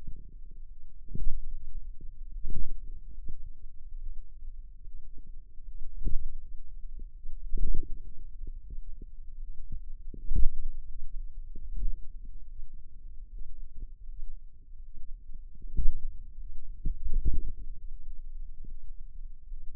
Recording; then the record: forearm muscle sounds (acoustic myography)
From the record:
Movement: pen grasping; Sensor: system 2, bracelet of six BSWA MPA416 microphones around the upper forearm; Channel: 5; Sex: female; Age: 23 years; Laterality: right